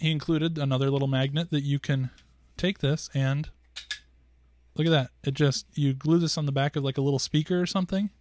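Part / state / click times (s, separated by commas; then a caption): small magnet in a tablet stand's magnet hole / not seated / none. Someone talks while handling a small magnet piece, meant to be glued to the back of something like a little speaker, near the magnet hole on the back of a tablet stand, with two brief sharp taps around 3.8 and 3.9 seconds. The magnet has not snapped into the stand yet; nothing has seated.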